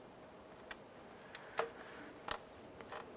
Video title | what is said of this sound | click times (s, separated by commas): How to Replace Alternator 2011-2019 Ford Fiesta | you'll have our audible click once that locks in | 2.3 s